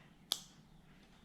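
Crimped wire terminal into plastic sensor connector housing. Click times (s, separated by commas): 0.3 s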